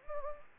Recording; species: mosquito wingbeat signal from an infrared sensor; Anopheles gambiae